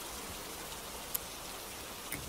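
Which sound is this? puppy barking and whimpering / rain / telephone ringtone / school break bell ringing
rain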